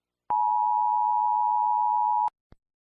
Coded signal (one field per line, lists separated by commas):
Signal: Emergency Alert System (SAME) tones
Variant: 853 and 960 Hz attention tone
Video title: USA EAS Alarm